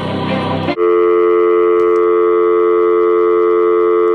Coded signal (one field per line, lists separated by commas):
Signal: telephone call progress tone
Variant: North America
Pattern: dial tone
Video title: Feel My Dial Tone ( Props To Dj Paul )